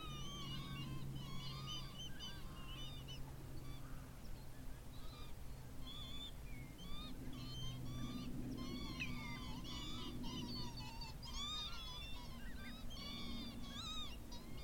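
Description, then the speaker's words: Northern Lapwing wheezing and chortling in a flock chorus with whistled wader cries, over a low hum. Roosting flock of lapwings settling at dusk on a still winter evening at the end of 2021, shallow coastal lagoon near the mouth of the River Parrett, Somerset, England; redshanks also calling. "The last light sparkles on the water of a wide, shallow lagoon, while the gentle wheeze and chortle of roosting lapwings and the whistles of redshanks rise to meet the coming dark."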